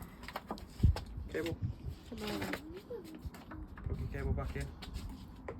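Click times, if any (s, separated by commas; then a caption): none. Someone talks while the wiring harness plug is handled at the plastic bulb holder socket of a rear light unit on a 2009–2015 Vauxhall/Opel Astra J, being pushed back in during refitting. Short handling taps and knocks are heard alongside the talk. The plug has not seated or clicked yet.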